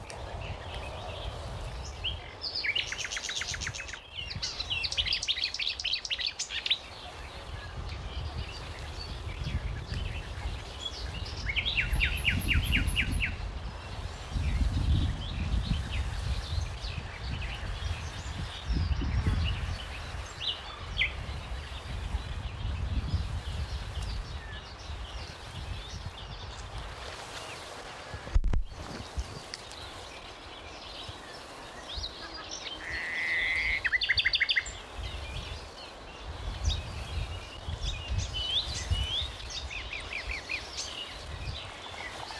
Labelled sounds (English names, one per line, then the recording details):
Marsh Warbler song
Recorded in the wild
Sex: male
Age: adult
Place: Berlin, OT Karow, Berlin, DE
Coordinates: 52.6228, 13.4597
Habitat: ponds
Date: 1988-05-29 10:52
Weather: sunny, 20-26°C
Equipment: Nagra SN (Automatik), Kopie Tesla B 116
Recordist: Tembrock, Günter